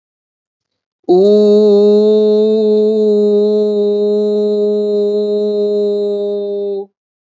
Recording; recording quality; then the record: sustained vowel as in boot; excellent, no background noise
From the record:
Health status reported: healthy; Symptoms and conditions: fever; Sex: male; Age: 32 years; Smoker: yes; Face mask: not worn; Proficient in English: yes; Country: India